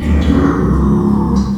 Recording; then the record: squeal of a Yucatan mini pig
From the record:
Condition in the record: after surgery on the right vocal fold (resection and tissue-engineered implant); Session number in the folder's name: 17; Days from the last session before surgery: 195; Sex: female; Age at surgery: 19 weeks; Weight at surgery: 25 kg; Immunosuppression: prednisolone